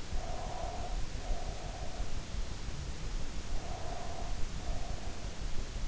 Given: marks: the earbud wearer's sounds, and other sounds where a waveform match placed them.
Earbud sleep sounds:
sounds in sleep by an in-ear microphone; breath
0.00-2.23 s: breath
3.32-5.40 s: breath

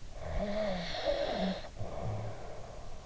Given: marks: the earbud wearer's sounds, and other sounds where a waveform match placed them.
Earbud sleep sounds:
sounds in sleep by an in-ear microphone; snoring breath
0.08-3.02 s: snoring breath

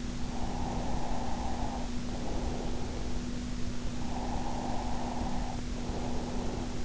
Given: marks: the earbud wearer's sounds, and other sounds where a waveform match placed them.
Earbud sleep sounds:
sounds in sleep by an in-ear microphone; breath
0.00-3.25 s: breath
3.71-6.85 s: breath

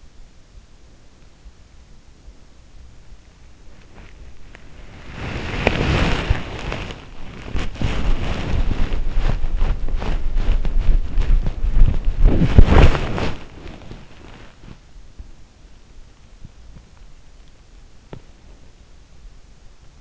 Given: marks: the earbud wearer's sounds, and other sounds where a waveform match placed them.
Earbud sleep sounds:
sounds in sleep by an in-ear microphone; body movement
4.78-20.01 s: body movement

